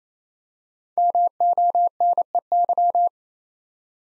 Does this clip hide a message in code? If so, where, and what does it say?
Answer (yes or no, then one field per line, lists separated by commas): yes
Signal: Morse code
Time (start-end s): 1.0-3.1 s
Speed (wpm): 29 wpm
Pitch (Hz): 700 Hz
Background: none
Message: MONEY